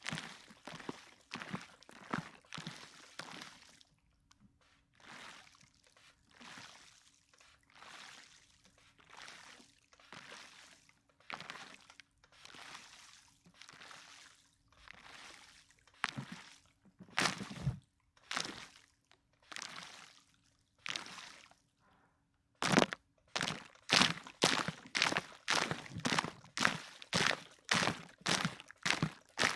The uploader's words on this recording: ASMR [water & liquid sounds, spray bottle, water globes].